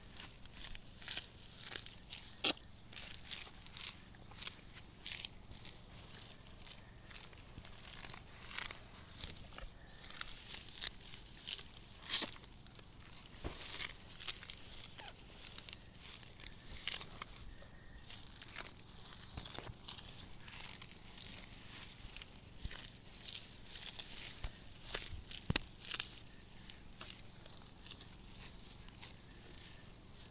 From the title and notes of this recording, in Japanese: 環境音 田んぼ除草 手で仕上げwith作業参加の学生さん。今日はさらに残った大きい草を手で抜き、土へ埋める作業です。